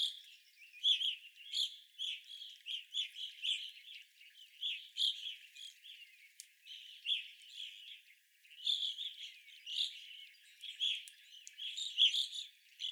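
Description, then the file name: Evening grosbeaks chattering steadily, dense overlapping burry call notes with brief pauses, a few sharp high clicks mixed in. Several evening grosbeaks recorded on 25 April 2021. "2021-04-25 Evening Grosbeaks"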